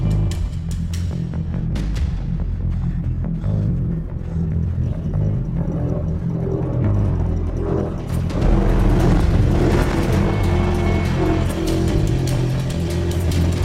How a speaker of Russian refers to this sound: Бен услышал звук мотора.